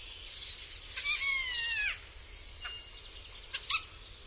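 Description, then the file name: Common starling song: a medley of faint chatter, then drawn-out descending wheezy slurs that sound almost like a meow, followed by a thin high whistle and sharp clicks. "Szpak"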